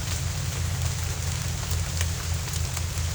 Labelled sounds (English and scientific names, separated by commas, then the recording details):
none
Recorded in dense forest near Puerto Asís, Putumayo, Colombia, on 21 December 2024 at 11:00
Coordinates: 0.468, -76.322
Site G071